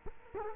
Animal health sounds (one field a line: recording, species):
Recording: mosquito wingbeat signal from an infrared sensor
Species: Culex quinquefasciatus